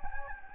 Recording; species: mosquito wingbeat signal from an infrared sensor; Anopheles gambiae